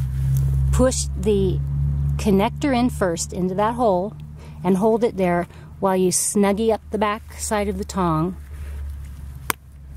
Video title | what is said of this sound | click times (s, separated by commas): How to Choose and Use an Irrigation Hole Punch for Mainline Drip | hear that nice click now hold on to the connector and | 9.5 s